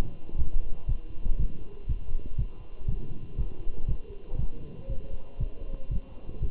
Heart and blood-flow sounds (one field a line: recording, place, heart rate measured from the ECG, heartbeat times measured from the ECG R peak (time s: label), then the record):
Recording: heart sounds by stethoscope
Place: between the tricuspid and mitral areas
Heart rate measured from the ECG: 119 bpm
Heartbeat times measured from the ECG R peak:
0.38 s: heartbeat
0.89 s: heartbeat
1.40 s: heartbeat
1.89 s: heartbeat
2.39 s: heartbeat
2.89 s: heartbeat
3.38 s: heartbeat
3.89 s: heartbeat
4.39 s: heartbeat
4.90 s: heartbeat
5.40 s: heartbeat
5.91 s: heartbeat
6.43 s: heartbeat
From the record:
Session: walking at 3.7 km/h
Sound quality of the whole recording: good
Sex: male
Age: 27 years